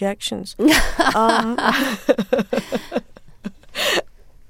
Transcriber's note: laughter